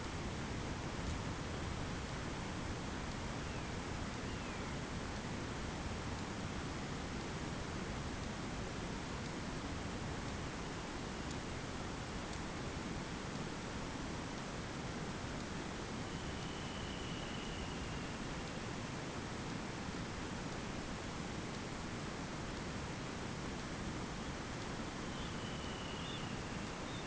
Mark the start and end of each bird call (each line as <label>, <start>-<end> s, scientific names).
Stercorarius longicaudus, 3.26-4.90 s
Calidris alpina, 15.93-18.69 s
Calidris alpina, 25.00-27.06 s